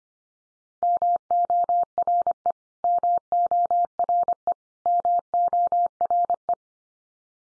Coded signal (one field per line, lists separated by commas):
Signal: Morse code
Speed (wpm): 25 wpm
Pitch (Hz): 700 Hz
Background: none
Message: MORE MORE MORE